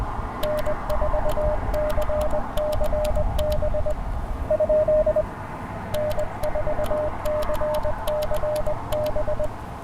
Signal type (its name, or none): Morse code